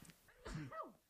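A single adult sneeze, heard in a quiet indoor room. A sharp explosive burst is followed by a voiced, falling 'choo' that trails off within about half a second. It is an ordinary sneeze.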